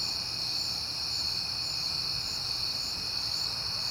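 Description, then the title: Cricket chorus, bright and constant, its high tones layered over a gentle low hum. Recorded at night in September on a peaceful night; crickets heard often that month. "Night Time: Crickets and Passing Cars"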